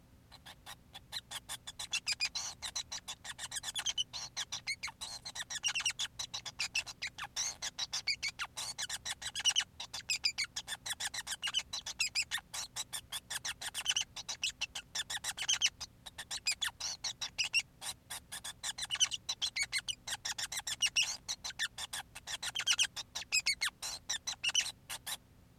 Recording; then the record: song of a male Bengalese finch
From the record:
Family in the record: son of father 5